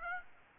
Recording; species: mosquito wingbeat signal from an infrared sensor; Aedes aegypti